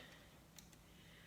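A quilter snaps a snap-on quarter-inch presser foot onto the sewing machine ankle, and a short sharp click at 0.6 s is followed by a fainter tick at 0.7 s over a low steady hum. The foot is seated in place.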